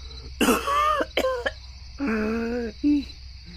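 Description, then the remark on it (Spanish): A series of harsh, voiced coughs and throat-clearing bursts: one long hack, two short quick ones, then a drawn-out rasping cough and a final brief one, all fairly loud with no talking. “En la tele decían que los síntomas eran fiebre, tos seca.”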